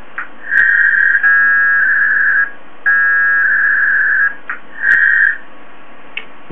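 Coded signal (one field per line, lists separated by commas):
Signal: packet radio (AX.25, as in APRS)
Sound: four bursts of fast warbling two-tone data, each about one second, with short gaps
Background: radio static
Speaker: you push s space which means send and then the address of where you'd want the call to go or the a message to go and in this case we're going to put all a ll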